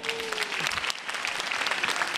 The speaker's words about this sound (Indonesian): Boleh tepuk tangan sekali lagi